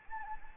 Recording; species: mosquito wingbeat signal from an infrared sensor; Anopheles gambiae